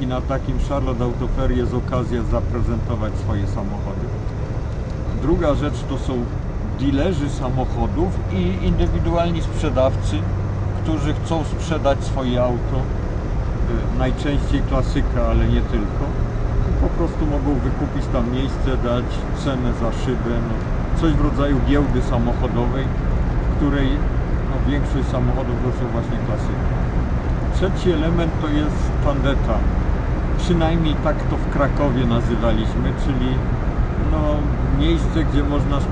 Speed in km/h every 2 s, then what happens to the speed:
30, 38, 45, 51, 55, 59, 63, 67, 70, 73, 75, 76, 76, 76, 77, 80, 79, 78.
0-30 speeds up to 80. 30-36 steady at about 79.